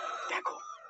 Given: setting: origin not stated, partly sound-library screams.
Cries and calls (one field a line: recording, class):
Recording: one-second piece from a danger detection set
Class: woman in danger